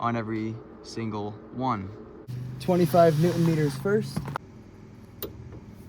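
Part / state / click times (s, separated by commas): click-type torque wrench on a steering rack mounting bolt / torque reached / 5.2 s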